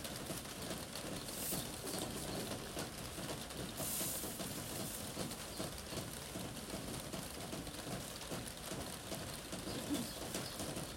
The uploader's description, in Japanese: 玄関の軒下で、収穫してきた野菜たちの出荷準備をしています